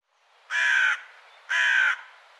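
Bird calling twice, two loud hoarse caws about a second apart, each lasting around half a second.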